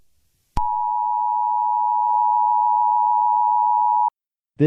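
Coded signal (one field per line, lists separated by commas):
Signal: Emergency Alert System (SAME) tones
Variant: 853 and 960 Hz attention tone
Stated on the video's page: Fictional broadcast signal intrusion with a high-level EAS alert.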